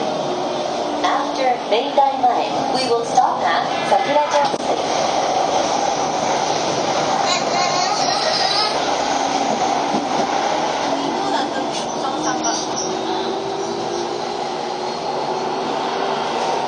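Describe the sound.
A Keio 5000 series train runs with a steady rumbling roar, brief squeals near eight and twelve seconds, and faint voices early on.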